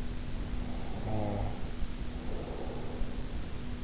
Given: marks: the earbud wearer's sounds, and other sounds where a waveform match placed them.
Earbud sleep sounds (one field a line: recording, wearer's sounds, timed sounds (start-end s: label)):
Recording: sounds in sleep by an in-ear microphone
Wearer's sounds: snoring breath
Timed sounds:
0.30-3.35 s: snoring breath